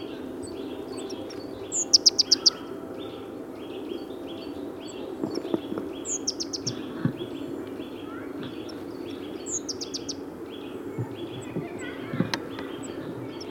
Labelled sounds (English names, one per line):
Great Tit